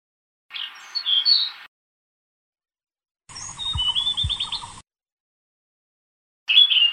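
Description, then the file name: Blue-throated flycatcher song: three short phrases of sweet, high warbled notes, the middle one a quick rising trill with low thumps beneath, separated by silent gaps. "kicau sikatan blue throated. omkicau"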